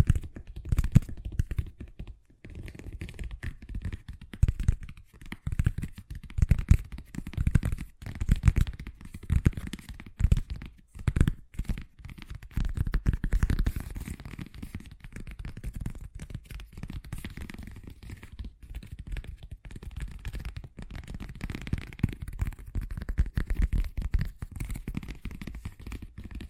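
Fast tapping runs through the whole clip as a dense stream of quick, uneven clicks and knocks, mostly dull and low with some brighter ticks above. Brief pauses break the flow near the start and around the ten-second mark, then the tapping continues steadily to the end.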